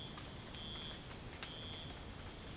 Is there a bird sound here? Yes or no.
no